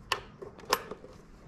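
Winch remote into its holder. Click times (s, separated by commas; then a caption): 0.1 s. A handheld remote for a RUNVA 13XP winch on a Troopy is pushed into its mounting holder and snaps in with a sharp click at 0.1 s. A second similarly loud, sharp click follows at 0.7 s, with fainter ticks and rattles around it. The remote is seated in its holder.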